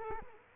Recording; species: mosquito wingbeat signal from an infrared sensor; Culex quinquefasciatus